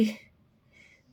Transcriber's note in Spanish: Empieza a respirar de forma acelerada